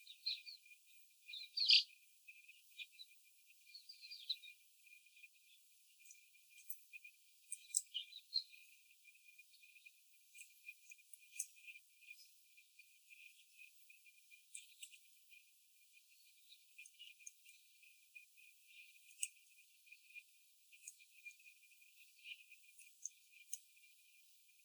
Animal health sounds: young laying hens in a cage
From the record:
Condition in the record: before the stressor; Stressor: sudden umbrella opening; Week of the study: 3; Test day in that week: 2

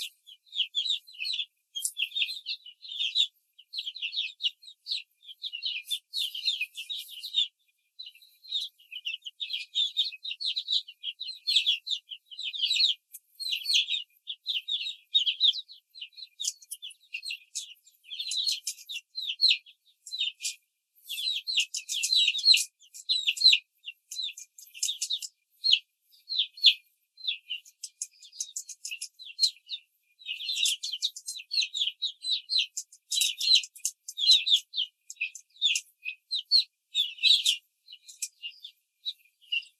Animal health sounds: young laying hens in a cage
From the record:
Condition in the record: control cage, before the stress test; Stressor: none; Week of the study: 4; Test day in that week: 1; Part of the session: 3

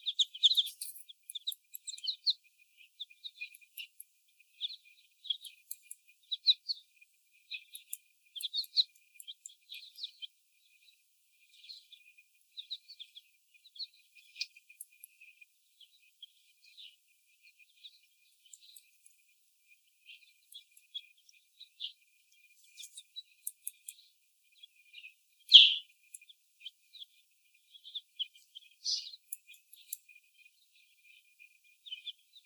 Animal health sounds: young laying hens in a cage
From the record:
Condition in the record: before the stressor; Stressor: sudden umbrella opening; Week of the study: 1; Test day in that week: 1

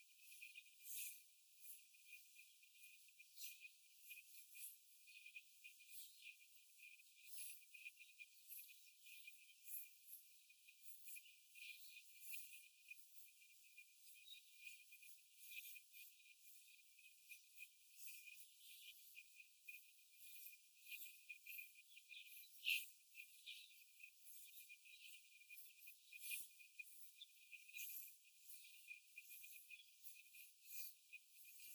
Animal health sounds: young laying hens in a cage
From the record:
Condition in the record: before the stressor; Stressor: simulated dog barking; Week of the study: 4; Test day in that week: 1

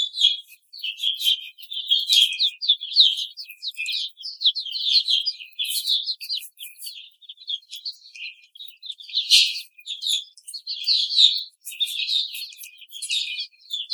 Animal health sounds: young laying hens in a cage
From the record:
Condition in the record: treatment cage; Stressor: simulated dog barking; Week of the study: 5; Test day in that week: 1

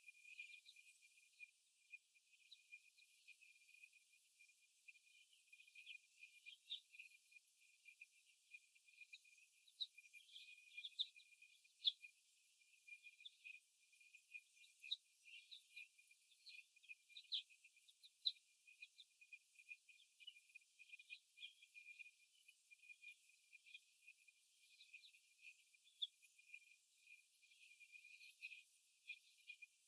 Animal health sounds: young laying hens in a cage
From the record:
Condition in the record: before the stressor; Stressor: simulated dog barking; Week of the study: 1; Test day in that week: 1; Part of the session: 4

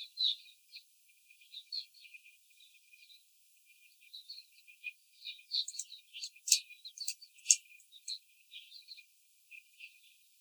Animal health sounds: young laying hens in a cage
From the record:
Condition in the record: after the stressor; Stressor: simulated dog barking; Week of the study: 4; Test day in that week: 2

